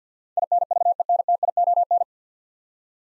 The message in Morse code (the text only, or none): INVENTION